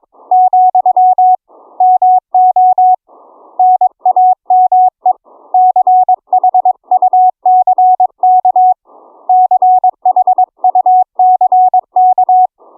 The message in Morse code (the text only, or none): , MO NAME CHUCK CHUCK